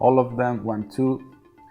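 The top plastic keyboard bezel of an Ideapad 100 / Lenovo B50 15-inch notebook is handled while it is being clipped into the laptop base during an optical drive replacement. Someone talks throughout, and no sharp snap stands out. Nothing has seated or clicked yet.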